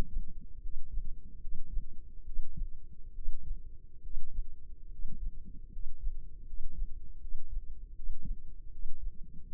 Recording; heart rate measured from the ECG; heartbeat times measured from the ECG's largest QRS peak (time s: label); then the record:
heart sounds by microphone in the left ear; 75 bpm
0.59 s: heartbeat
1.38 s: heartbeat
2.23 s: heartbeat
3.12 s: heartbeat
4.00 s: heartbeat
4.88 s: heartbeat
5.69 s: heartbeat
6.43 s: heartbeat
7.18 s: heartbeat
7.92 s: heartbeat
8.69 s: heartbeat
9.44 s: heartbeat
From the record:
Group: healthy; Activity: rest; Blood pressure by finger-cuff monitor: 98/59 mmHg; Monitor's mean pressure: 69 mmHg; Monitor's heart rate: 74 bpm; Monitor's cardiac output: 5.2 L/min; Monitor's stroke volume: 72 mL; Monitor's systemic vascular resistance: 950 dyn s/cm5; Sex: male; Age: 20 years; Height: 167 cm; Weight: 61 kg